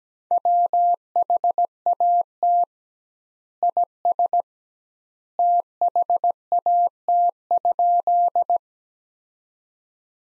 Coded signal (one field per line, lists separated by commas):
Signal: Morse code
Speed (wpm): 17 wpm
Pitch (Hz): 700 Hz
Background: none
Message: WHAT IS THAT?